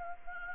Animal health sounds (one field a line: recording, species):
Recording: mosquito wingbeat signal from an infrared sensor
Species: Anopheles gambiae